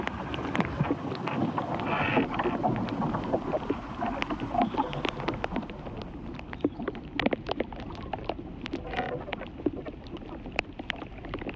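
Sounds from inside an ash tree: a dense, steady crackling and ticking over a constant low rumble, like rain pattering on a surface. Sharp bright snaps stand out among the clicks, a little more often after the halfway point.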